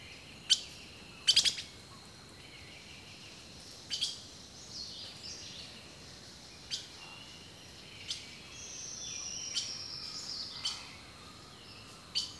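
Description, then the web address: Bird calling with scattered sharp high chips and a long, thin whistled note. Rainforest birdsong. "The Natural Sounds of the Wilderness Echoes of Nature - Rainforest Birdsong"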